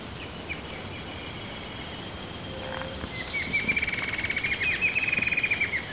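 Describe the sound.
Bird trill, a rapid, evenly pulsed series of high notes that starts after three seconds and runs to the end, over a continuous faint high whine.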